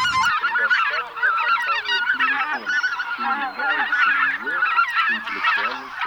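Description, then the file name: Greater white-fronted goose: greater white-fronted geese calling as a flock: many overlapping high yelping honks and laughing notes, dense and continuous throughout, with no pauses. Flock used as a hunting lure for an electronic caller. "Белолобый базар Oche Lombardelle 6 Mix"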